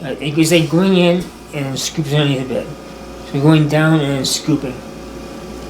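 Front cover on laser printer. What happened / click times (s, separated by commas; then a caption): Handled, not yet home: no seating click yet / none. Someone talks while handling a toner cartridge being fitted into an HP laser printer, with a steady low hum underneath. The cartridge and the printer's plastic front cover have not seated or closed yet, so nothing has clicked.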